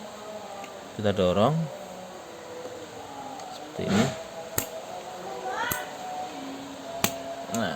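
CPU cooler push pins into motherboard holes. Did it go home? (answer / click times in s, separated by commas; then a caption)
yes / 4.6 s, 5.7 s, 7.0 s, 7.6 s. A stock processor fan and heatsink, set on the socket over a G2020 Ivy Bridge CPU on an MSI H61M-P32 (G3) motherboard, has its push pins pressed down into the motherboard holes while someone talks. Sharp clicks sound at 4.6, 5.7, 7.0 and 7.6 seconds, likely one per pin, and the cooler is locked in place.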